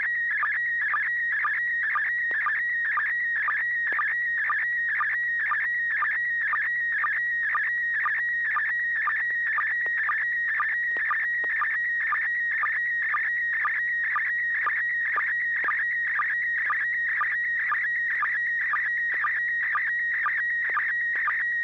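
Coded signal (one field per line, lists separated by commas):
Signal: SSTV (slow-scan television)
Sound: warbling tone around 2 kHz with regular short low blips, about twice a second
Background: low hum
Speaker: yeah looks like a rotator to me uh disassembled on Joel's bench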